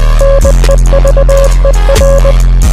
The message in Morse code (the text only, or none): NEVER